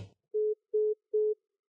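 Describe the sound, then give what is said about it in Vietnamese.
A short click as the other party quickly hangs up gives way to three steady, evenly spaced beeps of a telephone busy tone, each a pure mid-pitched tone about a fifth of a second long, with silence between and after. “Điện thoại cúp rất nhanh.”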